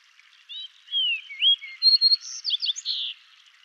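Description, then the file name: Fox Sparrow, a single musical song phrase of curving clear whistles followed by fast, slightly buzzy notes, ending after about two and a half seconds. "Passerella iliaca song"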